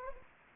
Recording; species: mosquito wingbeat signal from an infrared sensor; Anopheles gambiae